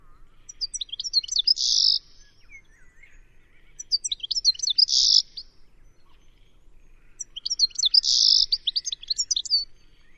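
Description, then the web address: Bird chatter in three phrases, each a quick run of high twittering notes with a rasping buzz near the end, with quiet gaps between. "Deverinetal. Bird Only"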